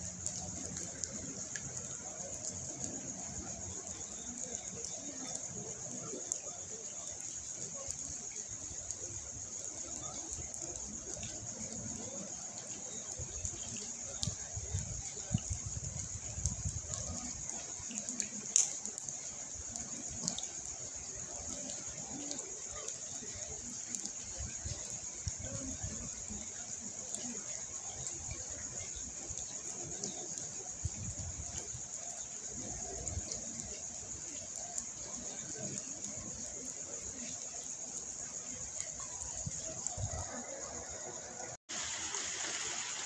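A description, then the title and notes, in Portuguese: Genuine rain falls in a steady, dense patter with a bright high hiss, low rumbles swelling midway, and a brief cut near forty-two seconds. Som de chuva genuino gravado por mim e som de aguas.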